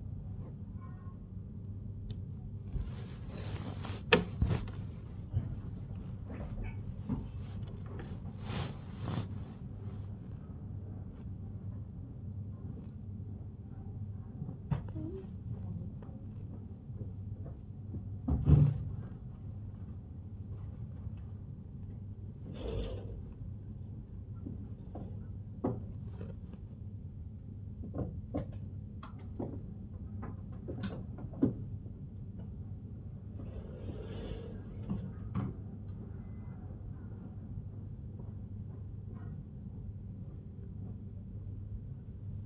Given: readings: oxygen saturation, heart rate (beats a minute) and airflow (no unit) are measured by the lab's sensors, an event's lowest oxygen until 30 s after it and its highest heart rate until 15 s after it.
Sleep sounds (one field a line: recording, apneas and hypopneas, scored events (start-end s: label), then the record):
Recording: a person awake in a sleep study, by a smartphone at the bedside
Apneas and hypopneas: none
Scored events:
0.00-42.46 s: awake
From the record:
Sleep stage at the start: awake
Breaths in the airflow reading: 12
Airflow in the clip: -0.7 to 0.7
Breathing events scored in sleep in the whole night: 51 in 8.9 hours asleep